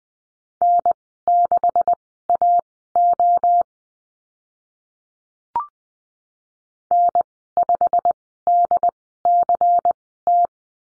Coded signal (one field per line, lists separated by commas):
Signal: Morse code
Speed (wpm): 20 wpm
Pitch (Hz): 700 Hz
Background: none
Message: N6AO N5DCT